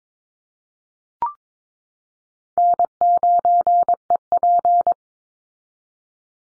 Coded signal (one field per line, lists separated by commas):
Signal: Morse code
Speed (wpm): 22 wpm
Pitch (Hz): 700 Hz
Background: none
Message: N9EP